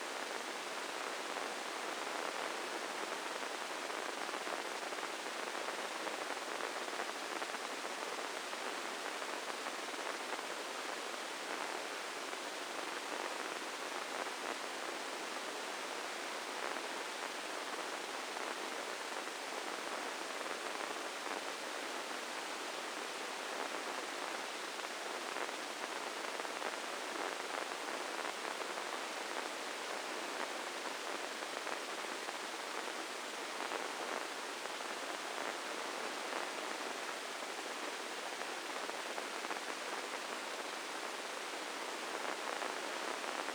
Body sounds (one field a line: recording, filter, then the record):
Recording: brain microelectrode recording played as sound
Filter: spike band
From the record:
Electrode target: subthalamic nucleus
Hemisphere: left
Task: reaching with the right hand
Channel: 1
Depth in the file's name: 4.826 mm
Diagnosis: Parkinson's disease